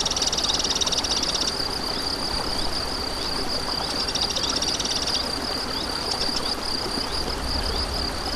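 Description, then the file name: Crickets trilling in a continuous high pulsed band, joined by bursts of faster clicking pulses near the start and middle, over the steady rush of flowing water. Crickets recorded beside a stream on 7 May 2014 with an MZ-N710 recorder. "MZ-N 710 Ruisseau et grillons 7 05 14"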